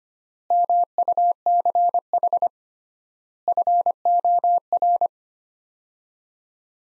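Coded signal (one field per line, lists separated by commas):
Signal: Morse code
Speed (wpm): 25 wpm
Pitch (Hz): 700 Hz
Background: none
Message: MUCH FOR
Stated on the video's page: Morse practice at 25 wpm, sets of five words with 3x word spacing, a Farnsworth-like method.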